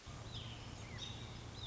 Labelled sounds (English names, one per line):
American Robin